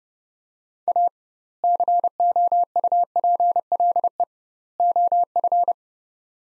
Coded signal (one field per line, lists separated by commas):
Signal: Morse code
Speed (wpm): 31 wpm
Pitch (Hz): 700 Hz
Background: none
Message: A COUPLE OF